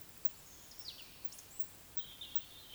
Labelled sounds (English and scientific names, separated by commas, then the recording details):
Eurasian Woodcock (Scolopax rusticola) whistle
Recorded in Baden-Württemberg, Germany, on 11 June 2021 at 19:53 UTC
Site 24608, 624 m above sea level